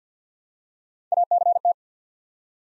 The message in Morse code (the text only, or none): ACT